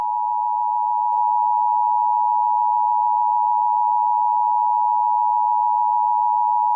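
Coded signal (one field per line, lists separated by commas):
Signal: Emergency Alert System (SAME) tones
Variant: 853 and 960 Hz attention tone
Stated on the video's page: Fictional mock EAS scenario about an ancient reborn animal destroying the U.S. and Canada.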